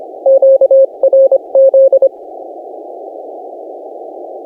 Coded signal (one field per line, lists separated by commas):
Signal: Morse code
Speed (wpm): 19 wpm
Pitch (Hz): 560 Hz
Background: none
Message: QRZ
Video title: What I Did Wrong: CW in a Rare Park Leads to Chaos